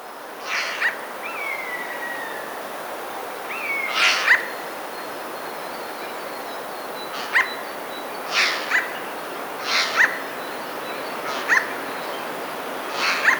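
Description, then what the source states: Eurasian jay harsh rasping alarm calls, several broad screeches spread irregularly, with two thin whistled notes near the start. Three jays giving alarm calls, recorded in May 2017.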